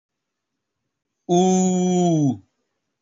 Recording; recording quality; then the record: sustained vowel as in boot; excellent, no background noise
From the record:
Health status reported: healthy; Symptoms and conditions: none ticked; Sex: male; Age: 33 years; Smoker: not ticked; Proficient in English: yes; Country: India